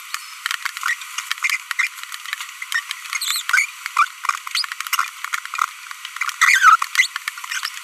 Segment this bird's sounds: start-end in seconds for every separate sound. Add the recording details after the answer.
0.83-0.93, 1.79-1.87, 2.72-2.79, 3.22-3.40, 3.49-3.65, 3.97-4.05, 6.41-6.76, 6.95-7.06, 7.51-7.58. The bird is a female. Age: 25 days. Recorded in a nest box in Venezuela. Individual 17B42B1